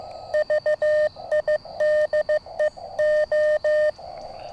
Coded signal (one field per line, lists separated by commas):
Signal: Morse code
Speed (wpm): 15 wpm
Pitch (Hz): 610 Hz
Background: none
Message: VIDEO